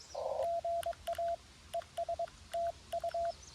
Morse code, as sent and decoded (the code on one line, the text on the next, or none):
--. .- / . ... / - ..-
GA ES TU